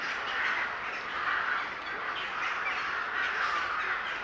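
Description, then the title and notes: Birds calling in a dense flock, a continuous wall of overlapping harsh caws and squawks with no pauses. A large gathering of birds in a city park in Łódź, Poland. "parku im. S. Staszica w Łodzi. Zgromadzenie ptaków."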